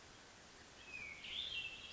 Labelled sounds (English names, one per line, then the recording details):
Hermit Thrush
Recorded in Sonoma County, California